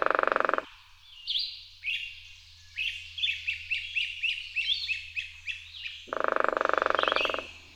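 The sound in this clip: Bird song, rapid series of bright chirps across several seconds, bracketed by loud pulsing croaks at the start and end.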